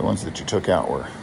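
Someone talks while handling the plastic battery compartment door on a wireless microphone transmitter body after the batteries have been put in. The door has not yet been closed, so nothing has latched or clicked into place.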